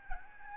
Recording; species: mosquito wingbeat signal from an infrared sensor; Aedes albopictus